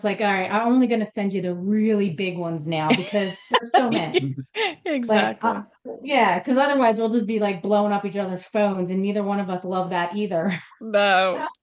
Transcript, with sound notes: It's like, all right, I'm only gonna send you the really big ones now-
(laughs)
... because there's so many.
Exactly.
Like, uh, yeah, 'cause otherwise we'll just be, like, blowing up each other's phones, and neither one of us love that either.